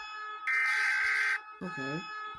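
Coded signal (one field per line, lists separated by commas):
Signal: Emergency Alert System (SAME) tones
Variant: header bursts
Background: speech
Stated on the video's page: Animated EAS alarm.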